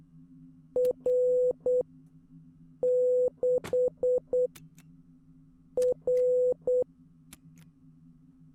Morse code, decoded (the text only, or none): R 6 R